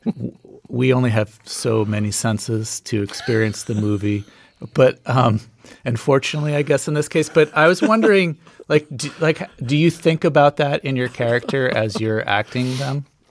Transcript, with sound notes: we only have so many senses to experience the movie, but - and fortunately, I guess, in this case.
(Laughter).
But I was wondering, like, do you think about that in your character as you're acting them?